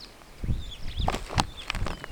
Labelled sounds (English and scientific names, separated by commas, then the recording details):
Superb Starling (Lamprotornis superbus) flight call
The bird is a male
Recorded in Kenya on 24 May 2010
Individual 73, of group MRCV